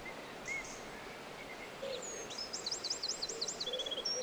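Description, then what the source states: Bird song, a few scattered high whistles at first, then a burst of fast, repeated zigzag notes and a short trill toward the end, with faint background hiss. Birdsong in a forest.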